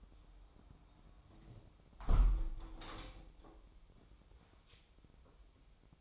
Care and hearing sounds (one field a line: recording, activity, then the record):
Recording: daily activity, microphone in the room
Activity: close window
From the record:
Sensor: 1